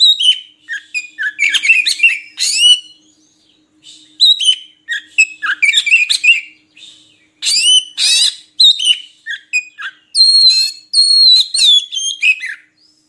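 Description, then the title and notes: Oriental magpie-robin song, long varied sequence of whistles, chatters and harsh notes in clustered bursts with short pauses between. Kacer song meant as training material so kept magpie-robins sing actively (gacor) day and night. "Kacer Jadi Gacor Siang Malam. Isian Kacer Durasi Panjang"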